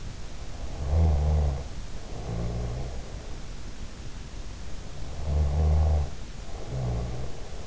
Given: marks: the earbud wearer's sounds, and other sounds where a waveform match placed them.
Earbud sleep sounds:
sounds in sleep by an in-ear microphone; snoring breath
0.79-3.21 s: snoring breath
5.12-7.67 s: snoring breath

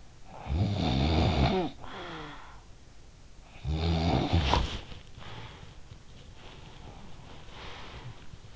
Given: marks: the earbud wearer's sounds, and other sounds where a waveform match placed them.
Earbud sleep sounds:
sounds in sleep by an in-ear microphone; snoring breath, breath
0.00-2.82 s: snoring breath
3.26-5.59 s: snoring breath
6.36-8.45 s: breath

